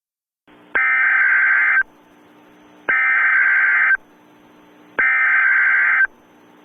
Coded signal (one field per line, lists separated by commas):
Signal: Emergency Alert System (SAME) tones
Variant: header bursts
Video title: San Diego 911 Telephone Outage Emergency EAS/ KFMB News ticker